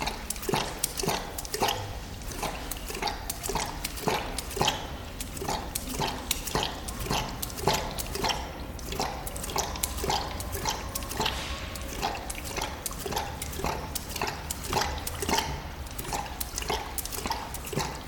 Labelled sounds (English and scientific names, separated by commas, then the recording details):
Tiger (Panthera tigris)
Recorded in captivity
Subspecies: altaica
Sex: male
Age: adult
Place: Zoo Halle, Sachsen-Anhalt, DE
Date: 1997-03-22 16:16
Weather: Schnee bis Regen, um 0°C
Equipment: Sony MD-WM MZ-R3, Sennheiser MKH 416 T, Kopie Uher 4000 Report Monitor
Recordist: Tembrock, Günter